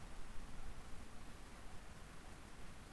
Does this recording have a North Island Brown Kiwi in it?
no